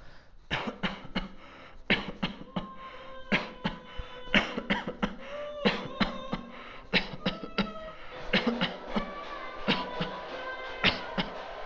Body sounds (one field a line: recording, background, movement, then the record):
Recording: voluntary coughing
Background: music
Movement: walking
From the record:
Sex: male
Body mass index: 22.0 kg/m2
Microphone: on the chest, facing outward